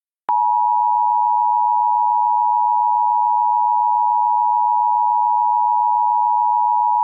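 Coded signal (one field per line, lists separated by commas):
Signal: Emergency Alert System (SAME) tones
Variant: 853 and 960 Hz attention tone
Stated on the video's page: Partial mock reenactment with valid EAS tones of an alert during a weather radio station outage.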